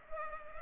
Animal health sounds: mosquito wingbeat signal from an infrared sensor; Culex pipiens

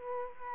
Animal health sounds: mosquito wingbeat signal from an infrared sensor; Culex quinquefasciatus

